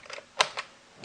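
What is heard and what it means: A plastic retaining clip on the cyclone basket of a Dyson DC59 Animal cordless vacuum body is pried with a screwdriver while a thumb pulls tension, working around the basket to release the remaining clips. A sharp, bright pop at 0.4 s stands out among softer clicks near 0.1 s, 0.6 s and 1.1 s. The clip pops free and comes loose.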